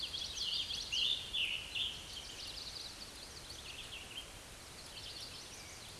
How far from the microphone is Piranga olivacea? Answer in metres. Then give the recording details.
about 15 m. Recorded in a Pennsylvania forest on 19 May 2023 at 10:41. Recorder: AudioMoth, point grid1_31_low. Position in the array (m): 133 m, 79 m